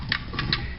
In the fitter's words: I don't know if you heard that click from all the way over there but that click was the brushes popping free